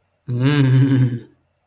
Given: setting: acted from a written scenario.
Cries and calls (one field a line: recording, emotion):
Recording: vocal sound without words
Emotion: ecstasy